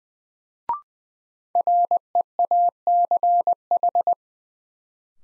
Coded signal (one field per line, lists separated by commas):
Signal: Morse code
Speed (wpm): 20 wpm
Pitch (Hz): 700 Hz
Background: none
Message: REACH